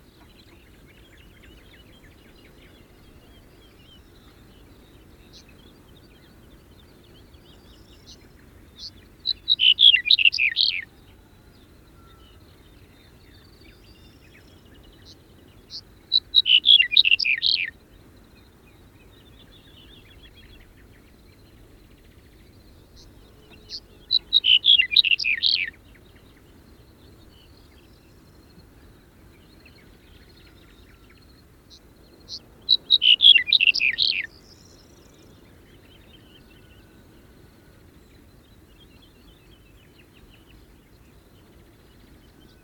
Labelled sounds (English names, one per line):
Black-headed Bunting song